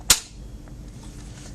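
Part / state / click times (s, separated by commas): frame tube with spring button into housing / seated / 0.1 s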